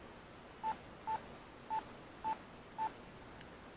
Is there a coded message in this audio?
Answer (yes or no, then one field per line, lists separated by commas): no